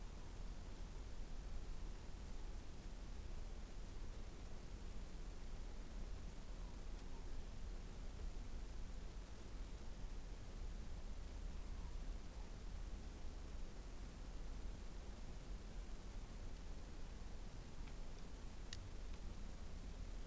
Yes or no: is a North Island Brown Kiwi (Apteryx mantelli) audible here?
no